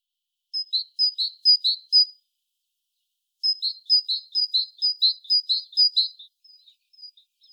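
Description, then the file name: Great tit song: a short series of ringing two-note phrases, a pause, then a longer series fading into softer notes. "Parus major"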